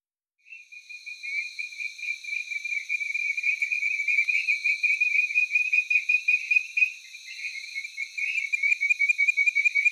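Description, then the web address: Tree frog starting up after a brief silence, then a steady high rapid pulsing call that briefly dips midway. Taiwan. "Tree frog of Taiwan"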